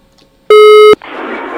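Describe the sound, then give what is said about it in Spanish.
A loud, steady mid-pitched telephone busy tone, heard after a call to a hardware store dropped, sounds once for under half a second, then cuts off into a wash of hissy line noise. “Se cayó la llamada y no nos atiende la ferretería.”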